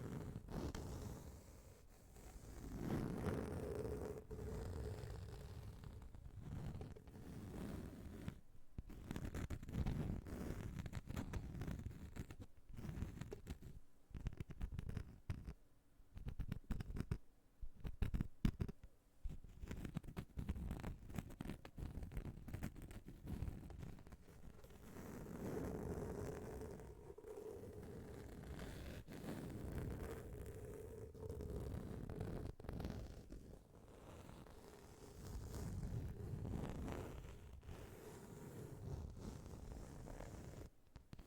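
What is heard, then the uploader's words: Scratching on various items, a dense, rough scraping that keeps shifting in rhythm and pressure. Busy passages around the start, the middle, and from about 25 to 36 seconds alternate with brief gaps and sharp clicks, over a low rumbling undertone. ASMR scratching on various items for deep relaxation 3.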